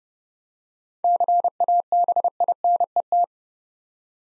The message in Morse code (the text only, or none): CABINET